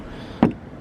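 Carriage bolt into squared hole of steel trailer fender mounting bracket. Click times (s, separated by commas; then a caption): 0.4 s. A carriage bolt's square neck is pushed into a steel trailer fender mounting bracket hole that was squared with a Dremel tool. A short, sharp tap is heard at 0.4 s over low background noise. The bolt locks into place nicely.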